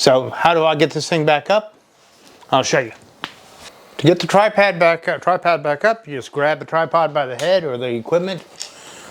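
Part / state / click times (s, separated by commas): aluminum tripod leg angle locks / not seated / none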